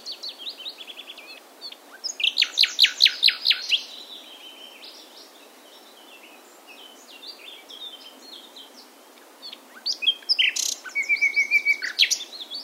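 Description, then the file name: Common nightingale song: rich phrases with fast repeated chirping notes and sweeping whistles, a loud burst, a quieter middle stretch, then another rapid rattling, varied phrase. "Luscinia megarhynchos"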